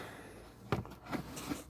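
An A-pillar trim twist clip from a Toyota/Scion is pushed back into its hole in the car body pillar, before being locked. A sharp snap is heard at 0.7 s, followed by fainter handling noise. The clip is seated in the hole.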